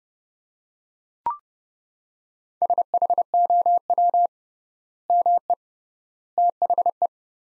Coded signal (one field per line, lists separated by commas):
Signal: Morse code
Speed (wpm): 30 wpm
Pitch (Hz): 700 Hz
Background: none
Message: SHOW ME THE